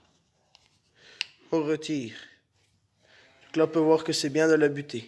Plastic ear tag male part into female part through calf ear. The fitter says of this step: dès qu'on entend un léger pic on retire